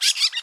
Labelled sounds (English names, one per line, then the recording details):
Brown-throated Parakeet contact call
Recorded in Curacao
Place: N of oil terminal (Bullenbaai)
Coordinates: 12.200, -69.020